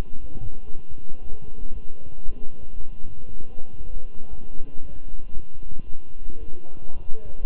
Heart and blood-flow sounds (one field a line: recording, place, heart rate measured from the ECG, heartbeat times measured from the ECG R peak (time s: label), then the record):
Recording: heart sounds by stethoscope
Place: between the tricuspid and mitral areas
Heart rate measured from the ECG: 116 bpm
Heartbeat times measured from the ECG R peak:
0.20 s: heartbeat
0.71 s: heartbeat
1.23 s: heartbeat
1.73 s: heartbeat
2.25 s: heartbeat
2.76 s: heartbeat
3.27 s: heartbeat
3.77 s: heartbeat
4.29 s: heartbeat
4.81 s: heartbeat
5.33 s: heartbeat
5.85 s: heartbeat
6.39 s: heartbeat
6.93 s: heartbeat
7.45 s: heartbeat
From the record:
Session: walking at 3.7 km/h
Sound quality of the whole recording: good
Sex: male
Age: 23 years